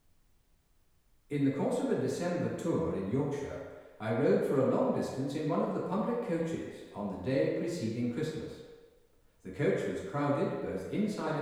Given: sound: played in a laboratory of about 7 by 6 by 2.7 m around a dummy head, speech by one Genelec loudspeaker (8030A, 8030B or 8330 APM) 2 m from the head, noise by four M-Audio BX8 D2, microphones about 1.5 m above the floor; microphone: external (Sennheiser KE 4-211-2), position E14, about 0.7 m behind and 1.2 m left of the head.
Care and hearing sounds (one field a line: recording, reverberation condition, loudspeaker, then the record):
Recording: male speech in English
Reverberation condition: high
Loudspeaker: 150 degrees to the right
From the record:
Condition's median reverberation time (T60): about 1300 ms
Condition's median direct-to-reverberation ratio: about -4.0 dB